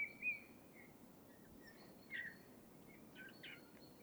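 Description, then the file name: Eurasian bullfinch: a few soft piped whistles, followed by faint scratchy notes, over a low background hiss. "Pyrrhula pyrrhula"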